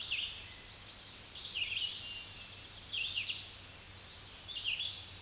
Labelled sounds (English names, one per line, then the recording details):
Red-eyed Vireo song
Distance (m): 30 m
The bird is about 20 m above the microphone
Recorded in a Pennsylvania forest on 16 May 2024 at 06:42
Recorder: AudioMoth, point MSD-2095
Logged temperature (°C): 16.3 °C
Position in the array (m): 165 m, 73 m